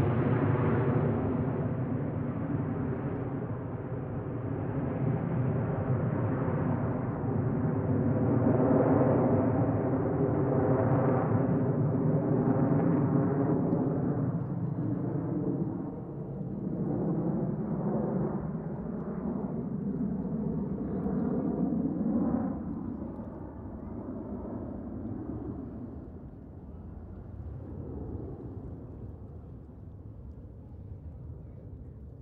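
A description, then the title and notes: A pair of jet fighters roars past together, a dense, rumbling wall of engine noise that swells to its loudest around eight to fourteen seconds. The pitch then sweeps downward in wavering bands as the jets recede, and the roar slowly thins and fades. Blue Angels F/A-18 Hornets Passby - simultaneous pair. If you lose track of them in the distance they can really sneak up on you when they return, just as this simultaneous pair did. The stereo field goes all wacky as I twist the boom around. Recorder: SD702 mid-side configuration mid: MKH8060 side: MKH30.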